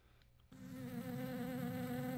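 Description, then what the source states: Bee buzzing: a steady low droning hum with rich harmonics starts abruptly after half a second and continues unbroken to the end. Bees in sandstone, recorded October 2016.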